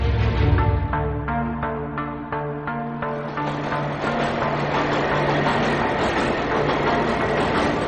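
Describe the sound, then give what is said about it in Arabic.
A metro train rumbles steadily along the rails with a low engine drone, rhythmic clicks in the first few seconds giving way to a dense, noisy roar. No voices are heard. “تعالوا من هنا هننزل محطة المترو.”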